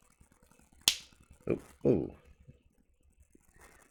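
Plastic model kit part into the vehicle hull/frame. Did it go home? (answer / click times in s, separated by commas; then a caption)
yes / 0.9 s. A styrene part of a plastic Space Marine Storm Speeder model kit is pressed into its mating part on the vehicle hull/frame and snaps home with one sharp, loud snap at 0.9 s. Someone then talks briefly. The part is seated.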